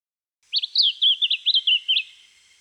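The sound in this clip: Lemon-bellied flycatcher giving one rapid, tumbling phrase of clear, high whistled notes that bounce up and down, several notes over about one and a half seconds.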